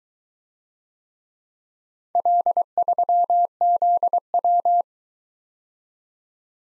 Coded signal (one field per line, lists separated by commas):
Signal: Morse code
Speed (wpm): 22 wpm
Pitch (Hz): 700 Hz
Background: none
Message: L3ZW